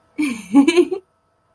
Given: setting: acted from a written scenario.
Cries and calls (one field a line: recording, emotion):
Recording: vocal sound without words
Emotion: amusement